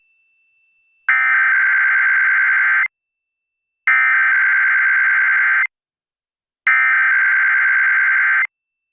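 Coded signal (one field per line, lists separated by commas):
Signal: Emergency Alert System (SAME) tones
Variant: header bursts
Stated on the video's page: Required Monthly Test heard on a San Francisco Bay Area AM news radio station.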